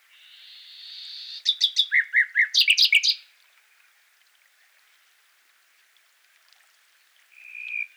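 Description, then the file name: Common nightingale song: a long, swelling note leads into rapid loud repeated notes and a harsh rattling flourish, then silence and a short whistle at the end. "Luscinia megarhynchos"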